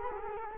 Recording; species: mosquito wingbeat signal from an infrared sensor; Culex quinquefasciatus